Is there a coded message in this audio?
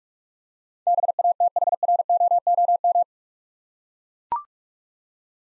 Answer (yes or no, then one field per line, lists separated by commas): yes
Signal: Morse code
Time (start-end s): 0.9-3.0 s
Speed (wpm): 44 wpm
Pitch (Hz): 700 Hz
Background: none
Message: BATHROOM